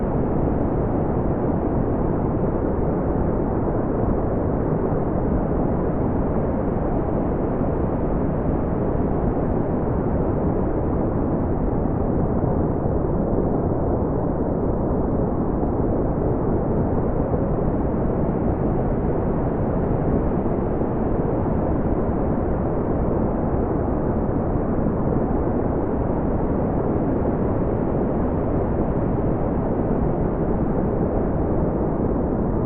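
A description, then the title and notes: Steady brown noise, a dense, deep rumbling hiss weighted toward the lows, with no highs and only faint slow swells in brightness. Brown Noise.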